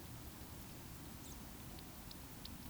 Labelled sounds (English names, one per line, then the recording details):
Eurasian Woodcock whistle
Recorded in Baden-Württemberg, Germany, on 19 June 2020 at 20:02 UTC
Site 44397, 226 m above sea level